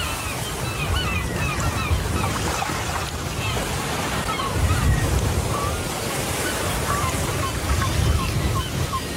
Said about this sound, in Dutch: Het geluid van je jeugd. Ja, precies. Branding en krijzende meeuwen. Ja, want je bent opgegroeid in Egmond aan Zee.